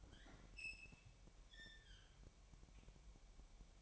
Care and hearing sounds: daily activity, microphone in the room; open fridge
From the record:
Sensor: 1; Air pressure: 1002.0 hPa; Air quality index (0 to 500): 242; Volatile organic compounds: 47 ppm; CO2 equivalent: 3260 ppm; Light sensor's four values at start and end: 8/28/10/11 and 8/28/10/11

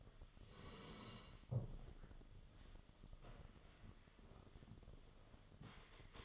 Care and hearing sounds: daily activity, microphone in the room; sit down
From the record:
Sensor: 4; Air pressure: 1005.9 hPa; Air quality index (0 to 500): 94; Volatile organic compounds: 2 ppm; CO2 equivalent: 1174 ppm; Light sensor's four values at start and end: 13/29/11/10 and 13/29/11/10

